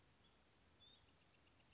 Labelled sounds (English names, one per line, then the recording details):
Bewick's Wren
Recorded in Sonoma County, California